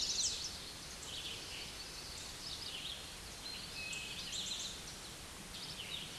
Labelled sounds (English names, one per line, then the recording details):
Eastern Towhee song
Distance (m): 15 m
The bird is about 5 m above the microphone
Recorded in a Pennsylvania forest on 16 May 2024 at 06:49
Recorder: AudioMoth, point MSD-2181
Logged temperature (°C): 12.8 °C
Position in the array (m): 159 m, 98 m